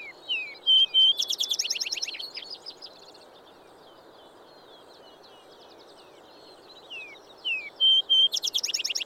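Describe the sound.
Vesper sparrow sings a bright rapid trill early on, then soft slurred notes and whistles, and begins another loud trilled song near the end.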